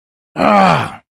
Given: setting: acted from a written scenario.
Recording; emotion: vocal sound without words; anger